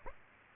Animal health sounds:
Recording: mosquito wingbeat signal from an infrared sensor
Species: Aedes aegypti

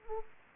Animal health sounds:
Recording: mosquito wingbeat signal from an infrared sensor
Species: Anopheles gambiae

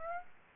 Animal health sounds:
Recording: mosquito wingbeat signal from an infrared sensor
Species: Aedes aegypti

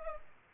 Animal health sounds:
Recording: mosquito wingbeat signal from an infrared sensor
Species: Culex pipiens

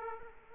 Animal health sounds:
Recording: mosquito wingbeat signal from an infrared sensor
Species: Aedes aegypti

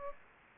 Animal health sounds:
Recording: mosquito wingbeat signal from an infrared sensor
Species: Aedes aegypti

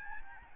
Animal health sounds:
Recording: mosquito wingbeat signal from an infrared sensor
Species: Aedes albopictus

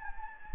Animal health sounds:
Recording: mosquito wingbeat signal from an infrared sensor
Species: Anopheles gambiae

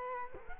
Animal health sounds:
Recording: mosquito wingbeat signal from an infrared sensor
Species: Culex quinquefasciatus

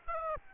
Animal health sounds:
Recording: mosquito wingbeat signal from an infrared sensor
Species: Aedes aegypti

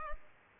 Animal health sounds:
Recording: mosquito wingbeat signal from an infrared sensor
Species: Culex pipiens

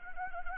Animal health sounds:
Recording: mosquito wingbeat signal from an infrared sensor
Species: Anopheles arabiensis

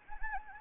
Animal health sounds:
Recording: mosquito wingbeat signal from an infrared sensor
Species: Anopheles gambiae

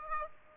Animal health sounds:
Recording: mosquito wingbeat signal from an infrared sensor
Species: Aedes aegypti

